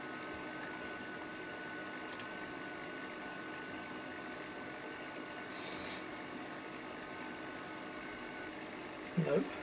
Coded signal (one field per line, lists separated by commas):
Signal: FT8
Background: speech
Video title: The G4SWY WSJT-x Companion for FT4 and FT8